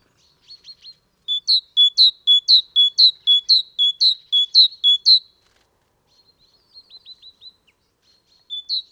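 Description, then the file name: Great tit with a run of ringing paired notes, repeated rhythmically, followed by a few softer scattered notes and a final short phrase. "Parus major"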